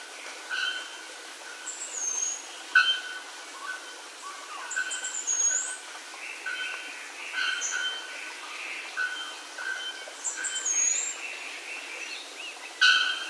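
Birds calling in a chorus: high sliding whistles recur every few seconds among warbling mid-pitched notes and short tones, over steady hiss.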